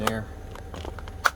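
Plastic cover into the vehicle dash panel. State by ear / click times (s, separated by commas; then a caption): seated / 1.3 s. Someone talks as a plastic trim cover, its edge set into the correct notch, is pressed into the dash panel of an FJ Cruiser, with a few faint light taps along the way. A sharp, loud click at 1.3 s marks the cover snapping into place, seated.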